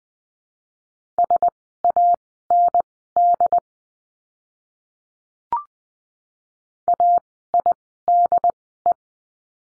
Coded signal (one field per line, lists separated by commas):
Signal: Morse code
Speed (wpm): 20 wpm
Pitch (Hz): 700 Hz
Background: none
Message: SAND AIDE